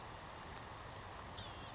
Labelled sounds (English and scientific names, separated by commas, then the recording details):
Blue-gray Gnatcatcher (Polioptila caerulea)
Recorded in Sonoma County, California